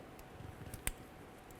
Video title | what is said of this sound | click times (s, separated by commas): How to Replace Neutral Safety Switch 1998-2011 Ford Ranger | I heard a little click there. | 0.9 s